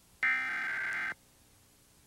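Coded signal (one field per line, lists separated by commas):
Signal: Emergency Alert System (SAME) tones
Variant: header bursts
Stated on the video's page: Genuine Tornado Warning activation aired on a television station in Allentown, PA.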